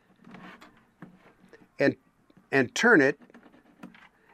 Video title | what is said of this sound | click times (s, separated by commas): Hooking up a portable power station to your RVs electrical system | you'll hear it click into a detent. | 3.8 s